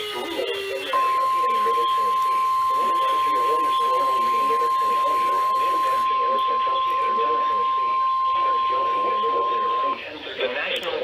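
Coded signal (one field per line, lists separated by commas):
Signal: Emergency Alert System (SAME) tones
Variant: 1050 Hz attention tone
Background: speech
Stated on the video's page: Severe thunderstorm warnings, tornado warnings and tornado watches received from NOAA weather radio.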